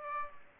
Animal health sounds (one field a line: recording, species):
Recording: mosquito wingbeat signal from an infrared sensor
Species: Aedes aegypti